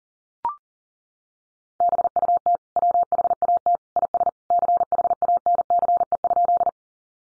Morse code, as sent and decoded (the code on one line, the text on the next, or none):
-... ..- - / .-- .... .- - / .. ... / -.-. .... .- -. -.-. . ..--..
BUT WHAT IS CHANCE?